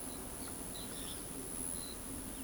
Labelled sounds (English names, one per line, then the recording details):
Great Kiskadee
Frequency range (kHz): Great Kiskadee 2.5-5.6 kHz
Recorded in pastures near Pivijay, Magdalena, Colombia, on 4 June 2023 at 11:00
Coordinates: 10.456, -74.369
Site P6-G026